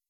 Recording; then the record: hydrophone in a shrimp aquaculture tank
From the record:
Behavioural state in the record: weakened